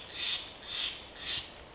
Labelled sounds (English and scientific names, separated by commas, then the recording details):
Steller's Jay (Cyanocitta stelleri)
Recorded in Sonoma County, California